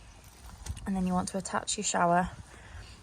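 On an Autotrail GF80 motorhome with the water pump turned on, the blue lever on the outdoor shower point is pushed back and the black plastic cap pops off with a short, sharp pop at 0.7 s. Afterwards someone talks.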